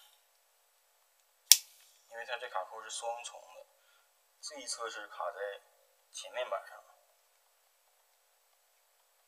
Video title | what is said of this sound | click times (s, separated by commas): 电动剃须刀不能充电先别扔，简单换电池就解决。飞利浦高端剃须刀PhilipsElectric razor maintenanceRQ1250,1260,1280,1290不充电维修,换电池 | 安装的时候先要把卡扣卡上， | 1.5 s